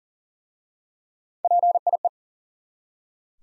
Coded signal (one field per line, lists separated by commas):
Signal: Morse code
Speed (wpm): 39 wpm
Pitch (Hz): 700 Hz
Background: none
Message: PIE